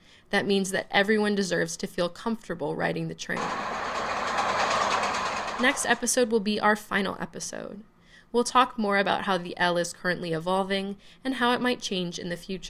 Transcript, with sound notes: That means that everyone deserves to feel comfortable riding the train. *CTA nat sound* Next episode will be our final episode. We’ll talk more about how the CTA is currently evolving, and how it might change in the future.